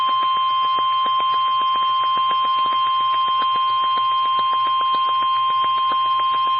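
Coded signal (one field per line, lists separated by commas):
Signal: Emergency Alert System (SAME) tones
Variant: 1050 Hz attention tone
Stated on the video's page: Flood Warnings and Severe Thunderstorm Warnings for the Ohio Valley Region, from NOAA Weather Radio stations in Columbus and Miamisburg, Ohio.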